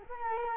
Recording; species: mosquito wingbeat signal from an infrared sensor; Culex quinquefasciatus